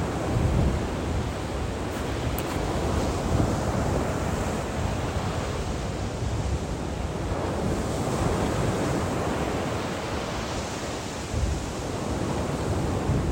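Waves and wind in February: a dense, steady roar of surf fills the whole clip, heaviest in the low end. Gusts buffet the microphone with rumbling thumps, notably near the start and around eleven seconds, while the water's hiss never lets up.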